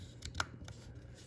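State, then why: Seated. After a battery change on a 2021–2024 GMC Sierra or Yukon key fob, the plastic battery cover cap is lined up at its thicker bottom end, then pressed onto the fob housing and worked up the sides. Sharp, short plastic snaps are heard at 0.3, 0.4 and 0.7 seconds as the cover pops into place and is seated.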